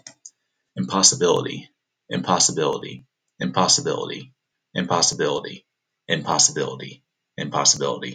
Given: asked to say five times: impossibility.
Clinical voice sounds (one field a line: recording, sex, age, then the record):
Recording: repeated word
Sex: male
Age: 20 to 29 years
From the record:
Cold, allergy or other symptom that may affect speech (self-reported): no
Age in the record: 27 years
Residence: Colorado, United States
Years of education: 16